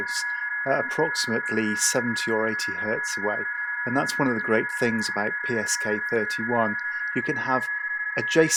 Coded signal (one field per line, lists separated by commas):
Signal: PSK31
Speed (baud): 31.25 baud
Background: speech